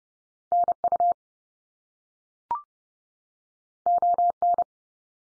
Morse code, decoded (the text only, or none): NU ON